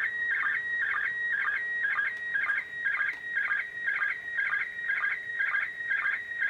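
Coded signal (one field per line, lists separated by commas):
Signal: SSTV (slow-scan television)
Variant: PD120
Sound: steady high tone broken by warbling chirpy bursts about twice a second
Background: radio static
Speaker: coming up in about 10 minutes so we'll record that and see if I can get a better picture this time around on the ISS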